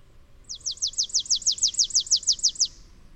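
Bird song: a bright, rapid series of many falling whistled notes, steady in pace, lasting around two seconds.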